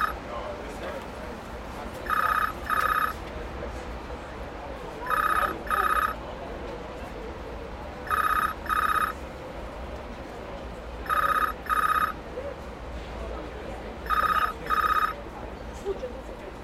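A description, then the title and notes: A pay phone in a red telephone box rings in the classic double burst, two short trills every three seconds, five times over. Between rings a steady low rumble of traffic and street noise continues, with faint voices in the background. Traditional red phone box in London. One of the few remaining iconic red London telephone boxes that still contains a functioning pay phone rings out on a weekday afternoon. Recorded by Cities and Memory.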